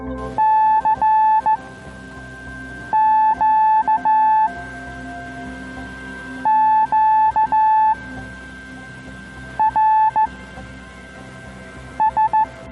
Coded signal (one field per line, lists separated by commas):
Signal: Morse code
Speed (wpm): 15 wpm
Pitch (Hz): 870 Hz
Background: music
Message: C Q Q R S